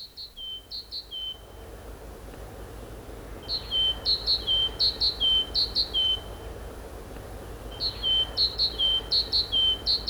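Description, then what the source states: Great tit song: clear two-note see-saw phrases, a higher note then a lower one, repeated in runs separated by short pauses. Song heard in February–March as days lengthen and winter draws to an end.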